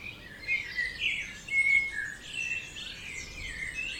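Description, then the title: Birds chorusing, with several high whistled and trilled phrases overlapping in a dense, continuous tangle of song. Dawn chorus at 4am in Oberhofen, Inntal, Austria; binaural recording. "Birds Oberhofen Inntal Austria - 4am - binaural version"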